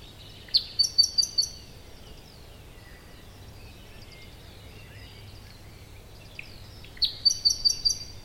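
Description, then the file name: Common nightingale song: a whipped upslur followed by four loud rapid repeated notes, a pause with faint sounds, then the same phrase again. "Luscinia megarhynchos"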